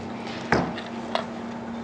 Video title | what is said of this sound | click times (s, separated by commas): Filter Regulator | reliable unit and that can be assembled back in like that clicks | 0.5 s, 1.2 s